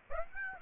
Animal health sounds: mosquito wingbeat signal from an infrared sensor; Aedes aegypti

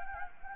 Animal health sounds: mosquito wingbeat signal from an infrared sensor; Anopheles gambiae

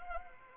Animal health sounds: mosquito wingbeat signal from an infrared sensor; Anopheles arabiensis

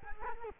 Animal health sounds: mosquito wingbeat signal from an infrared sensor; Culex quinquefasciatus

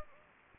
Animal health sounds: mosquito wingbeat signal from an infrared sensor; Anopheles gambiae

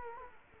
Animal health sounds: mosquito wingbeat signal from an infrared sensor; Culex quinquefasciatus

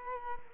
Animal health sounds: mosquito wingbeat signal from an infrared sensor; Culex quinquefasciatus

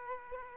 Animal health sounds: mosquito wingbeat signal from an infrared sensor; Aedes aegypti

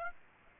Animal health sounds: mosquito wingbeat signal from an infrared sensor; Aedes aegypti

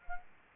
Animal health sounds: mosquito wingbeat signal from an infrared sensor; Anopheles arabiensis

